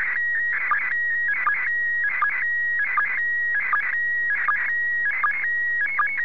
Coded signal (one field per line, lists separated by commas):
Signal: SSTV (slow-scan television)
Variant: PD 180